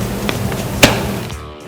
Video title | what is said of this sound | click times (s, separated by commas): 2B Self Levelling Line Laser | Pagka nag-click na po, okay na po yun. | 0.8 s